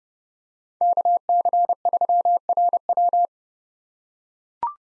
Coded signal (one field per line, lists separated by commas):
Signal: Morse code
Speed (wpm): 30 wpm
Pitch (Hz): 700 Hz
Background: none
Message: KC3RW